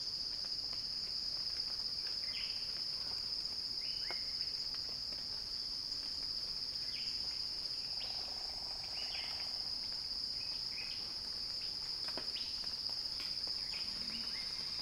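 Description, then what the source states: Cicada song as an unbroken shrill high hum, with scattered short chirps dotted across it. Cicada song rising in a crescendo.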